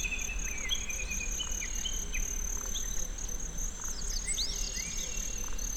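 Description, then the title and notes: Kinhibari cricket song, a steady high continuous trill with a fainter pulsing upper band, under scattered whistled and chirping bird notes and a low rumble. Recorded in Tsuruoka City with a ZOOM F6 and Sennheiser MKH802. "鶴岡市のキンヒバリの声"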